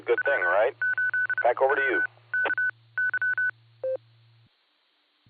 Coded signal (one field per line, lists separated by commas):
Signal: Morse code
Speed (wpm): 33 wpm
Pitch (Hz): 1500 Hz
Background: speech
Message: W 8 W K Y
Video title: Barometer Net sponsored by Silvercreek Amateur Radio Assoc. 147.39+ repeater 114.8 PL 7AM, 9-23-25